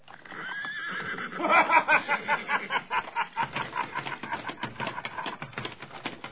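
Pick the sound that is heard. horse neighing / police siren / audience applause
horse neighing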